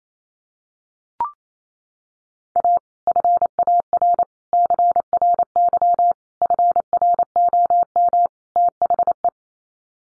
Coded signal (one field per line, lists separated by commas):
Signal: Morse code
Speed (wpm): 28 wpm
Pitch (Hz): 700 Hz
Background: none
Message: A FAR CRY FROM THE